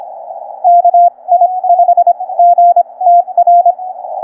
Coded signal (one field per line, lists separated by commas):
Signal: Morse code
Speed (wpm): 26 wpm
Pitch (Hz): 700 Hz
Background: none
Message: KI5GTR